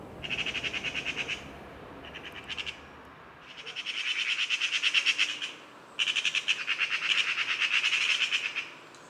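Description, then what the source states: Eurasian magpies chattering in alarm: harsh, rapid rattling runs of clacking notes in several bursts separated by short pauses. Several magpies chattering in alarm, provoked by a squirrel near its nest high in a tree fork; autumn, woodland park in Paris, France.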